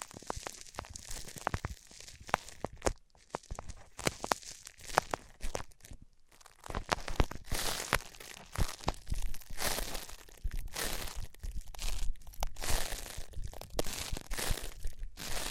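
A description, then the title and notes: A bandage is peeled and ripped off, with sharp crackling tears and crinkling bursts of bright, dry noise. Activity is dense in the first two seconds, pauses briefly around six seconds, then returns as rapid, uneven tearing through the end. ASMR Ripping Off the Band Aid (No Talking).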